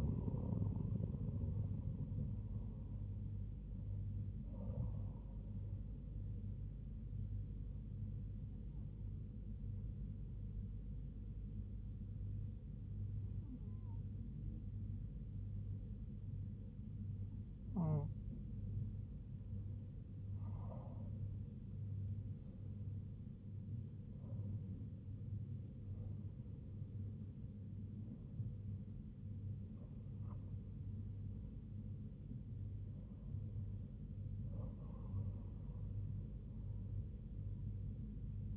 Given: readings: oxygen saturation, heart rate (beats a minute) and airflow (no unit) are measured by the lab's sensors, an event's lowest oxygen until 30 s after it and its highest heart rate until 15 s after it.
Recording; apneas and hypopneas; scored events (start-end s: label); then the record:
breathing in sleep by a smartphone at the bedside; 1
8.00-24.20 s: hypopnea (N2, oxygen 98% highest, then 97% lowest, heart rate 76 at the start, 86 highest)
From the record:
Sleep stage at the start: N2 (light sleep); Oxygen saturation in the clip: 97 to 98%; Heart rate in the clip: 69 to 86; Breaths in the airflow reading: 8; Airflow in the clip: -5.5 to 6.1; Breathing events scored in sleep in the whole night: 158 in 7.3 hours asleep